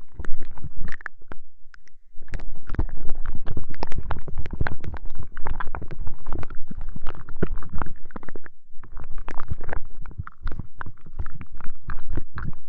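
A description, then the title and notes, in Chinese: Homemade aloe gel is worked around the ears in a dense run of wet, squelching crackles and soft smacks. The sticky clicking comes quickly and unevenly, with a low rumbling underneath, and stops briefly around one second, two seconds, and eight and a half seconds. 自制芦荟胶，按摩你的耳朵。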